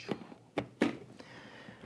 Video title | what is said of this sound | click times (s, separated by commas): Side by Side Comparo! ICON Variant Pro Dual Sport Adventure Helmet Detailed Breakdown | those are locked into place | 0.6 s, 0.8 s